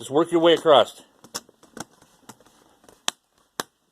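Someone talks briefly, then a laptop keyboard is worked across and pushed down into the laptop chassis, with faint soft ticks as it settles. Two sharp snaps at 3.1 s and 3.6 s are the remaining plastic clips locking into the chassis, and the keyboard is fully seated back in place.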